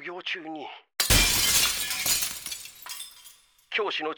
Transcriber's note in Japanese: 窓ガラス、割れる